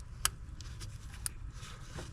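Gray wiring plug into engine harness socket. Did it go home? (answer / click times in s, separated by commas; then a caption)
no / none. A gray wiring plug is pushed into an engine harness socket under the fuel line of a 2012 Chrysler 300 with the 3.6L V6 Pentastar engine, during an oil filter housing change. Two sharp taps sound at about 0.3 s and 1.3 s over a low background rumble. The connector has not clicked or seated yet.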